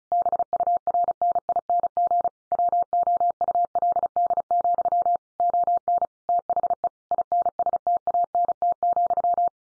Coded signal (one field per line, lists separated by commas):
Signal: Morse code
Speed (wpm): 34 wpm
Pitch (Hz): 700 Hz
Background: none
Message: BURNING WOULD, ON THE INSTANT,